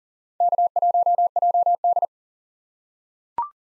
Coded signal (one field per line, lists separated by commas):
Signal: Morse code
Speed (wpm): 37 wpm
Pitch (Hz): 700 Hz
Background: none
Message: K1JD